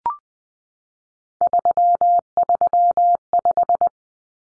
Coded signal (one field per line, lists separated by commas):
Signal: Morse code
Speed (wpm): 20 wpm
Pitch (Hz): 700 Hz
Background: none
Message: 335